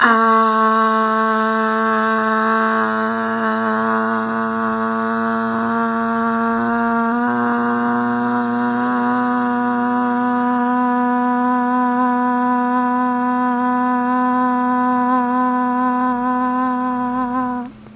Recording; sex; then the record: sustained vowel /a/; female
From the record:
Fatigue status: fatigue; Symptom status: symptomatic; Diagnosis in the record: COVID-19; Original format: 3gp